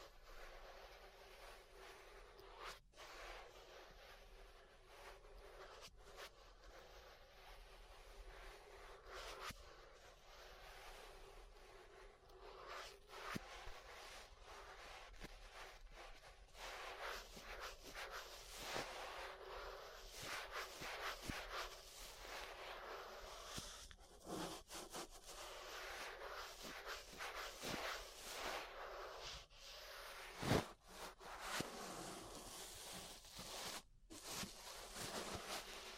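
Ear brushing makes a continuous scratchy, rustling hiss, with frequent quick sweeping strokes and a few sharp louder brushes near the thirty-second mark.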